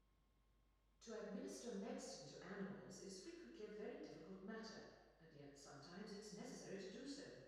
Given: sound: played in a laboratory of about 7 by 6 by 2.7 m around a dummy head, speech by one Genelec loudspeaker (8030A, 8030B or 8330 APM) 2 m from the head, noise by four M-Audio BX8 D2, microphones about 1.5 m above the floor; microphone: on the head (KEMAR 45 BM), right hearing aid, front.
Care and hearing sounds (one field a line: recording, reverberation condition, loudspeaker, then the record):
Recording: female speech in English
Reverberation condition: high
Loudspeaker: 120 degrees to the left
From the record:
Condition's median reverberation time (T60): about 1300 ms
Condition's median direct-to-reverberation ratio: about -4.0 dB